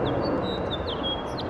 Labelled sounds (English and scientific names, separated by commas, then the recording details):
House Finch (Haemorhous mexicanus) song
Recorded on Long Island, New York, on 6 June 2011
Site FL
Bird A